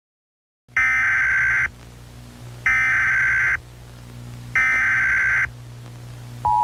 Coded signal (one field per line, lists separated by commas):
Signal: Emergency Alert System (SAME) tones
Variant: header bursts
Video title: Second U.S Capitol Attack || Eas Scenario